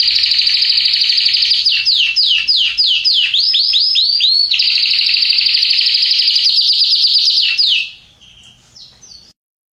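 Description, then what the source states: Canary song of fast high trills interrupted by a run of repeated downward-sweeping notes, then a long steady roll ending in faint chirps. Red Belgian canary.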